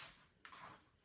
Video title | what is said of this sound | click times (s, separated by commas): Je teste une nouvelle toupie et celle de dragolith | et faut que j'arrive à la déclipser, | 0.5 s